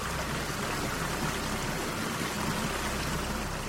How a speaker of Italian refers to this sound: l'Arno stava superando le Spallette. L'Arno quindi sta straripando e si dirige verso Piazza Santa Croce ed è un vero fiume in piena,